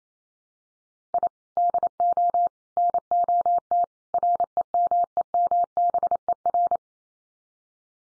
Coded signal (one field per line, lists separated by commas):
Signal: Morse code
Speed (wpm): 28 wpm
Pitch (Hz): 700 Hz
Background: none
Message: I DO NOT REMEMBER